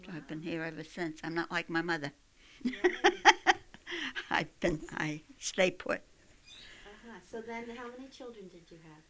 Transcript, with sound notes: And I've been here ever since. I'm not like my mother. ( she laughs ) I think I stay put.
Uh-huh. So then how many children did you have?